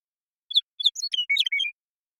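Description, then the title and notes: Western meadowlark song, two clear introductory notes then a tumbling series of liquid warbles ending on a short whistle; background silent. Song; recorded in the Pacific Northwest, Washington, United States; isolated and processed from the original with natural pace and rhythm kept. "Western Meadowlark, Sturnella neglecta, song, contact calls, and flush, isolated and processed from original, natural pace and rhythm maintained, family: Troupials and Allies Recorded in the beautiful Pacific Northwest in Washington, United States"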